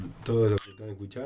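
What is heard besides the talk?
glasses clinking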